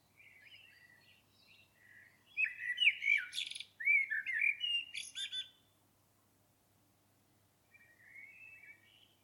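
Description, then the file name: Common blackbird singing: soft warbling, then two loud phrases of fluted notes and squeaky high twitters, and quiet warbling at the end. "Turdus merula"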